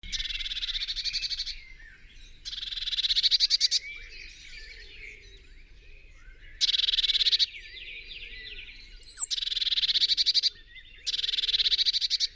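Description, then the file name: Eurasian blue tit calling in harsh, buzzy churring bursts, each about a second long, repeated five times with short pauses and soft twittering between them. "Cyanistes caeruleus"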